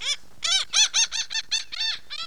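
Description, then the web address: Laughing gull calling, a quick run of about nine nasal, arched 'ha' notes. "Mitchell Lake. Laugh Gull"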